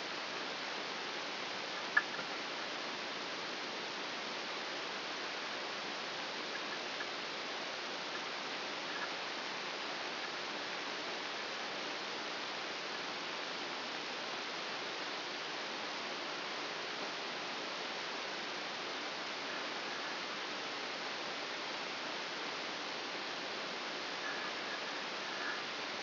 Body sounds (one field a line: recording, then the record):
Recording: brain microelectrode recording played as sound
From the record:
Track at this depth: outside the subthalamic nucleus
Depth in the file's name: 5.401 mm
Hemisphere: right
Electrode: 2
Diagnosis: Parkinson's disease